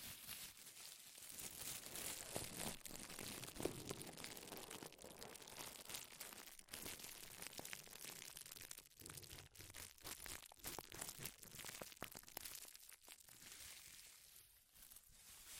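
Dense, continuous crinkling fills the whole clip, a bright crackling mass of tiny overlapping snaps with no pauses. Loudness stays fairly even, with brief dips near 1, 6.5, 9 and 13 seconds where the crinkling thins before surging back.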